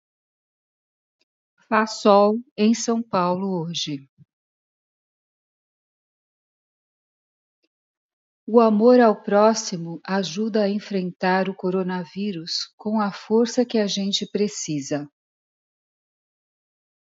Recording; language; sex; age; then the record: spoken sentence; Brazilian Portuguese; female; 50 to 59 years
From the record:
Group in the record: control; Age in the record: 58 years